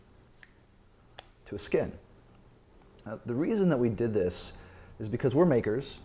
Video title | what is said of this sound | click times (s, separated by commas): Update 2: Industrial Design | and it all snaps right in | 0.4 s, 1.2 s